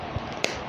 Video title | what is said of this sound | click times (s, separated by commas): DIY Street Fighter #2 Dhalsim | on there. And then you get that snap. It just goes in. | 0.4 s